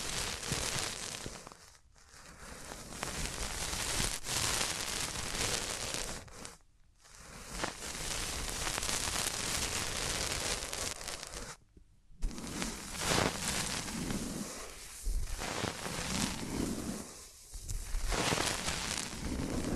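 Hands rub over the ears in dense, crackly bursts of friction that fill the sound from low thumps to bright hiss, like rain or static. The rubbing comes in long stretches broken by short gaps near 2, 7 and 12 seconds.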